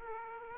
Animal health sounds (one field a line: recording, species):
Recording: mosquito wingbeat signal from an infrared sensor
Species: Aedes aegypti